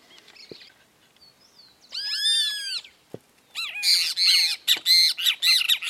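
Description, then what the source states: Great kiskadee giving a loud arched squawking call, a short pause, then a rapid run of harsh notes. Song exchanged between two birds.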